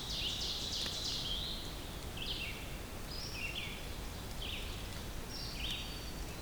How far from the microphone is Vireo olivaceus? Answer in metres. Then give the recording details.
about 45 m. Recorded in boreal forest in Alberta, Canada, on 2 June 2016 at 07:48. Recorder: SongMeter 3, array SBT-3-7. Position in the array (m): 84 m, 124 m